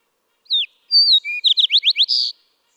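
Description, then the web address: Fox Sparrow song: a brief slurred note opens a melodious phrase of clear whistles and rapid sweeping notes, finishing on a held note. "birdsongforthecurious songs Fox Sparrow"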